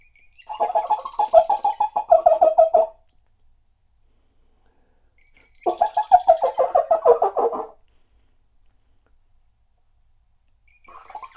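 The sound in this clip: Bird giving rapid rattling, gobbling bursts of harsh notes about two seconds long, repeated after a few seconds of silence.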